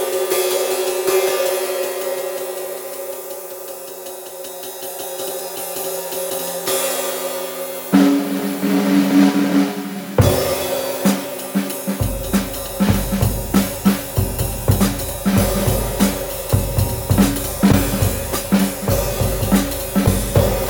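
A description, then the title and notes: A riveted ride cymbal rings with a long, shimmering wash and a steady sizzle from its rivets. Around eight and ten seconds new strikes come in, and from about twelve seconds it is played in a quick, regular pattern, each hit adding a bright ping. Sabian Jack DeJohnette flat ride. A brief demo of a 1994 Sabian 20” Jack DeJohnette signature flat ride cymbal, 2035 grams, with three rivets.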